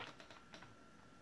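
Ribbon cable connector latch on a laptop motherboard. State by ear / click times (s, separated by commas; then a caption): not seated / none. A ribbon-cable connector latch on the motherboard of an HP Compaq Presario CQ61 laptop is handled during reassembly after thermal paste replacement and cooling fan cleaning. Short, light tapping and clicking sounds occur around 0.2, 0.3 and 0.5 s over a faint steady hum. The latch has not yet been pushed back down into place, and nothing has seated or clicked yet.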